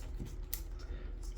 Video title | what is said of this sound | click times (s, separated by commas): Suction Cup Hooks for Hanging Wall | Push it up. It locks in place. | 0.5 s